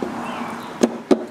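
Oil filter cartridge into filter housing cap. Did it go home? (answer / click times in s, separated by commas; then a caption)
yes / 0.8 s. A cartridge-style oil filter element for a 2009 Kia Sedona is pushed into its plastic filter housing cap over a low background hum. It snaps into place with a sharp click at 0.8 s, followed by a second similar tap near 1.1 s. The filter is seated, which matters because a filter that has not snapped in can be crushed when the cap is screwed on.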